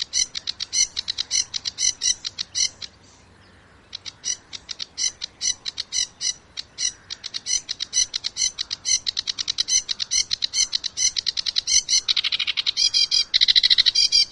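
Sedge warbler giving a long run of fast, dry scratchy notes, pausing briefly once, then denser, harsher phrases toward the end.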